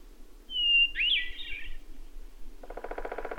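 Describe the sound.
Bird song, a thin whistled note followed by a rich, slurred warble, then a rough pulsing buzz takes over for the last second.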